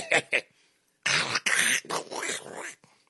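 Two short throat-clearing bursts from a sick adult man, then long, harsh, rattling, growly clearing sounds: wet, phlegmy throat clearing, likened to a phlegmy Tasmanian devil. He has trouble breathing during the illness.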